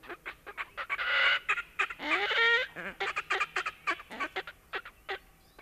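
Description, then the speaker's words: Red-necked Grebe braying calls: loud, harsh, nasal squeals and wails mixed with rapid rattling pulses. Braying call (röökkii); played as a listener's request in a radio birdsong request concert. "Näin siis röökkii härkälintu."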